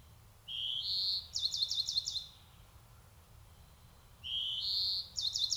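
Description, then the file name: European greenfinch: a rising buzzy note followed by a quick run of bright, clicking chips, heard twice, with steady low background noise. "Chloris chloris"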